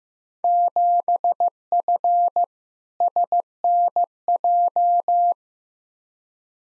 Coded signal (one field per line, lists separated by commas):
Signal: Morse code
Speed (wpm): 15 wpm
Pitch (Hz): 700 Hz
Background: none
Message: 7F SNJ